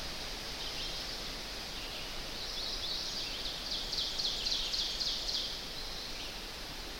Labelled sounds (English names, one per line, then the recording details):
Ovenbird song
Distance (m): 50 m
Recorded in boreal forest in Alberta, Canada, on 10 June 2016 at 07:06
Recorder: SongMeter 3, array SBT-3-39
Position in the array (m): 235 m, 75 m
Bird 17